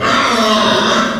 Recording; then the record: squeal of a Yucatan mini pig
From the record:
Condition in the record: after surgery on the right vocal fold (resection and tissue-engineered implant); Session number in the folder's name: 15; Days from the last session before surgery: 175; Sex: female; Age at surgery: 19 weeks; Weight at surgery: 25 kg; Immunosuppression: prednisolone